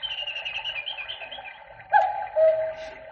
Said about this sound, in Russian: Вот кукушка кукует часы.